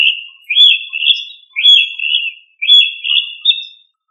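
Rail calling: a series of clear whistled phrases, each starting with a rising note and then holding level with a slight wavering.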